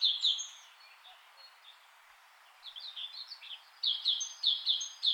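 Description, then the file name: Great tit: loud high double notes at the start, scattered sliding notes in the middle, then a rapid repeated series of sharp high paired notes. "Parus major"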